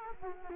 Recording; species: mosquito wingbeat signal from an infrared sensor; Culex quinquefasciatus